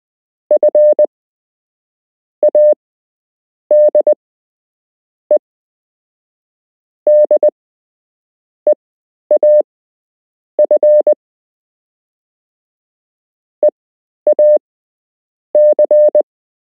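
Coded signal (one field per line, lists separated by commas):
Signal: Morse code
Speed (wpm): 20 wpm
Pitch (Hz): 600 Hz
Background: none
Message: F AD E D EAF EAC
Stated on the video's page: Beginner Morse code lesson with real Morse code to learn.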